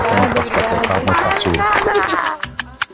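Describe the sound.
Loud, steady applause from a small group, dense clapping mixed with overlapping voices and cheers, thinning into a few scattered claps near the end.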